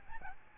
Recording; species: mosquito wingbeat signal from an infrared sensor; Aedes albopictus